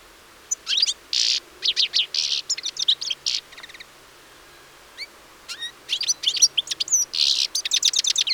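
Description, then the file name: European Goldfinch song, quick series of chirps and buzzy trills, then a few clear rising whistles before a fresh lively twitter. "Carduelis carduelis"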